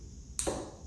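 A plastic multi-link Volvo Penta EVC wiring harness plug is pushed home into its mating harness socket, and its latch snaps shut with one sharp, bright click at 0.4 s, followed by a brief lower rattle. The connector is confirmed seated, since without that click the connection is not good.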